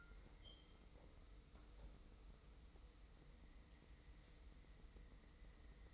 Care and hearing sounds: daily activity, microphone in the room; wipe stove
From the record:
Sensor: 1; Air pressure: 990.5 hPa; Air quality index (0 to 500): 166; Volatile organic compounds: 1000 ppm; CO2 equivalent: 6055 ppm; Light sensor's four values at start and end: 31/73/31/34 and 31/73/31/34

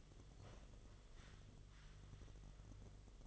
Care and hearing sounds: daily activity, microphone in the room; sit down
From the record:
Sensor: 4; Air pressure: 1005.9 hPa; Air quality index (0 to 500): 103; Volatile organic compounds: 2 ppm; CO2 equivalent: 1287 ppm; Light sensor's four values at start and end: 13/29/11/10 and 13/29/11/10

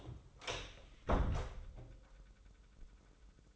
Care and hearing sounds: daily activity, microphone in the room; close door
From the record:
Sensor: 3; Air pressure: 996.1 hPa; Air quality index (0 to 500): 35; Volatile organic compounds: 1 ppm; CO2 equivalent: 635 ppm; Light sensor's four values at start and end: 14/34/14/14 and 14/33/14/14

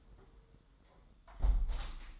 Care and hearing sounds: daily activity, microphone in the room; close window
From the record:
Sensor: 3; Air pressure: 1000.1 hPa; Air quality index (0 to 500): 231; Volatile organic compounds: 110 ppm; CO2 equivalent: 3818 ppm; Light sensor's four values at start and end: 10/24/10/9 and 10/23/9/9

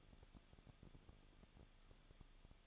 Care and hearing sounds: daily activity, microphone in the room; no activity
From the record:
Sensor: 4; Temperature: 23.0 degrees Celsius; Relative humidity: 34.5%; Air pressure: 1007.2 hPa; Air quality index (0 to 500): 216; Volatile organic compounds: 15 ppm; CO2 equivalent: 2505 ppm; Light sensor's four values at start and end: 2/3/1/1 and 2/3/1/1

